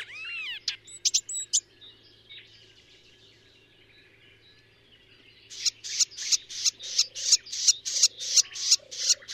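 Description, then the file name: Icterine warbler song: varied mimicking phrases with rising and falling whistles and chatter, then a fast run of harsh buzzy notes repeated about three per second. "Hypolais icterine"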